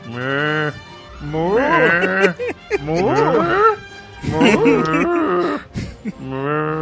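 Several drawn-out, wavering moos come in a row, each a loud, low, rich call that bends up and down in pitch, separated by short pauses.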